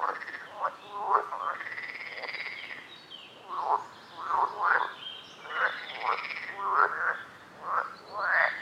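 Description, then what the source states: Frog croaking, rasping pulsed calls at an irregular pace, louder croaks standing out every second or so. Recorded at a lake.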